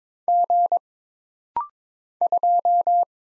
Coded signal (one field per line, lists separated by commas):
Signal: Morse code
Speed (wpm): 22 wpm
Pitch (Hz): 700 Hz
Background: none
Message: G 2